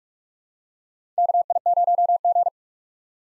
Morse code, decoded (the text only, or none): KI0G